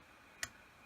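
The liner lock bar of a black Chinese copy of an Emerson Super Karambit folding knife snaps into the blade tang as the knife is opened, giving one sharp, bright click at 0.4 s against a quiet background. The lock engages but travels all the way to the back and binds, clicking out of place.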